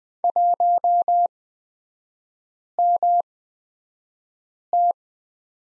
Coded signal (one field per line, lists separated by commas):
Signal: Morse code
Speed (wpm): 20 wpm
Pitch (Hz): 700 Hz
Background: none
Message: 1MT